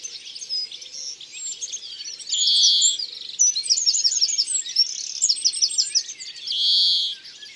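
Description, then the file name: European greenfinch song mixing lively twittering with two drawn-out nasal wheezes, the second arriving near the end. "Verdier-d Europe-ABC-des-chants-doiseaux"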